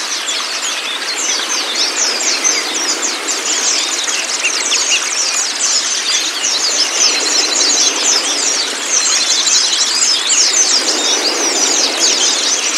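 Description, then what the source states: White-eye song, a steady wall of rapid, high twittering, somewhat louder toward the end. Therapy recording meant to get the white-eye to open its beak and sing; used as a masteran (song-tutor) track.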